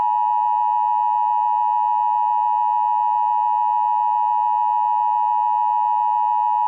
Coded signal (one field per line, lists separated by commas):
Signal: Emergency Alert System (SAME) tones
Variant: 853 and 960 Hz attention tone